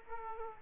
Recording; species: mosquito wingbeat signal from an infrared sensor; Aedes aegypti